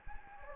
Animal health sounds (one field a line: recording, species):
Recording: mosquito wingbeat signal from an infrared sensor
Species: Anopheles gambiae